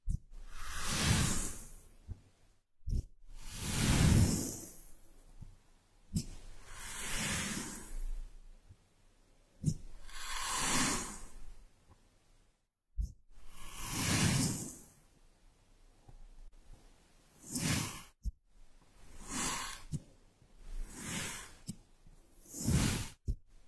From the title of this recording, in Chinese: 动力沙触发，沙沙声